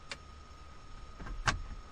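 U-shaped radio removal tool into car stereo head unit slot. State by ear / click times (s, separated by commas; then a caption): seated / 0.1 s. A second U-shaped radio removal tool is pushed into the slot of a car stereo head unit and catches on the tab, latching in with a short, sharp click at 0.1 s. Further knocks follow around 1.2 s and 1.5 s over a low steady hum. The tool is seated.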